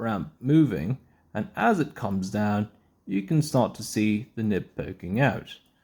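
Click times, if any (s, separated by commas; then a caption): none. The back button of an Ensso Bolt copper retractable fountain pen is pushed down, moving the trapdoor ramp inside the pen body as the nib starts to poke out. Someone talks throughout. The nib has not yet locked into its extended position, and nothing has clicked yet.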